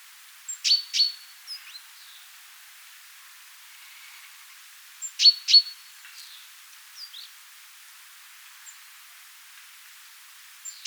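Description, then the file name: Great tit calls: two pairs of sharp, high notes, each with a thin whistled tail, about four and a half seconds apart, with a few faint chirps between. "Parus major"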